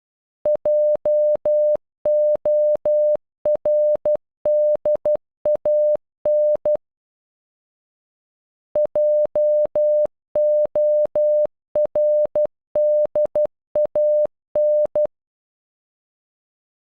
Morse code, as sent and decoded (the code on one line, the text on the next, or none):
.--- --- .-. -.. .- -. / .--- --- .-. -.. .- -.
JORDAN JORDAN